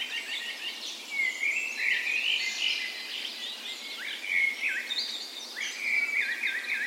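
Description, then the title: Birds singing together at dawn, a continuous tangle of bright warbles, sliding whistles and rapid trills from several singers at once. Spring dawn chorus recorded on the morning of 17 May, Norway's National Day, in a park west in Bergen, Norway; Sony PCM A10 recorder with LOM micro Usi microphones as tree ears. "17th Of May Dawn Chorus"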